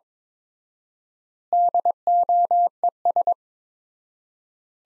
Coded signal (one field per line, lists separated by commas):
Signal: Morse code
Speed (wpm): 22 wpm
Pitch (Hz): 700 Hz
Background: none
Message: DOES